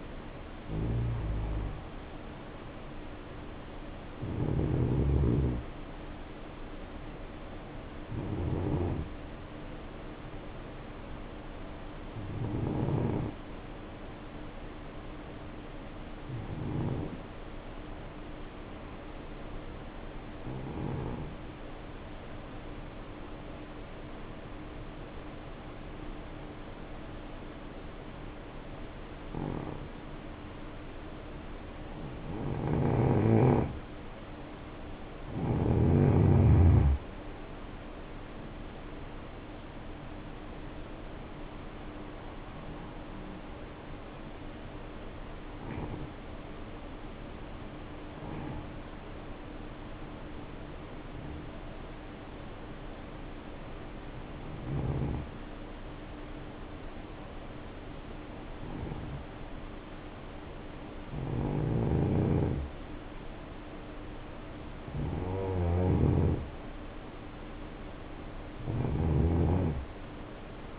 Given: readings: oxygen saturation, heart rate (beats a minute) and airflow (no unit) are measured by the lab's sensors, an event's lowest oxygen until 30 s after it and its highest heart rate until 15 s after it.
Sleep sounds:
breathing in sleep by a voice recorder at the bedside; 2
3.00-33.00 s: new sleep stage, N1 (lightest sleep)
19.00-37.00 s: hypopnea (N1, oxygen 94% highest, then 81% lowest, heart rate 59 at the start, 74 highest)
33.00-63.00 s: new sleep stage, N2 (light sleep)
49.00-65.30 s: hypopnea (N2, oxygen 92% highest, then 88% lowest, heart rate 60 at the start, 67 highest)
63.00-70.79 s: new sleep stage, N1 (lightest sleep)
From the record:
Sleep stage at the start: N2 (light sleep); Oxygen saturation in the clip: 81 to 94%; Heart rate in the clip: 57 to 74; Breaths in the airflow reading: 15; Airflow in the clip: -9.0 to 7.8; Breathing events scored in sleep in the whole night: 520 in 7.2 hours asleep

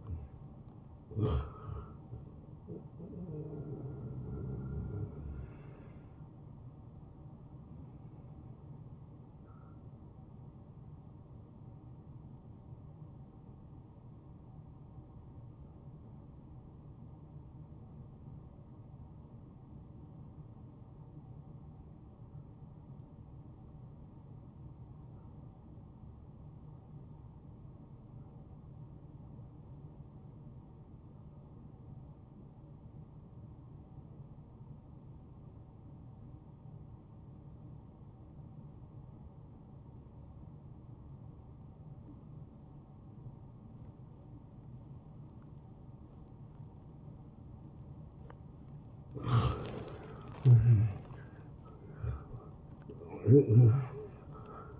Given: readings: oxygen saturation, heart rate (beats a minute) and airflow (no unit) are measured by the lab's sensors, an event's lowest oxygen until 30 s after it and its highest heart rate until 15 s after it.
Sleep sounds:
breathing in sleep by a smartphone at the bedside; 1
10.00-49.70 s: hypopnea (N1, oxygen 96% highest, then 86% lowest)
29.00-54.80 s: new sleep stage, N2 (light sleep)
From the record:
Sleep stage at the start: N1 (lightest sleep); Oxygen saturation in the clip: 83 to 96%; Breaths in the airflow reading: 9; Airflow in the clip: -12.3 to 13.6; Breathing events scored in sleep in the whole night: 263 in 5.5 hours asleep

